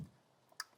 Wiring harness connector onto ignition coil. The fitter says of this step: you heard a click audibly in place